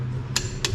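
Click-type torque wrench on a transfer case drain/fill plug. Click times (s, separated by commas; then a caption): 0.4 s, 0.6 s. A click-type torque wrench tightens the 10 mm drain/fill plug on the transfer case of a 2015 Nissan Frontier Pro 4x to 26 ft-lb, with extra clicks given for luck. Two sharp, bright clicks sound at 0.4 s and 0.7 s over a steady low hum, as the wrench clicks at its setting.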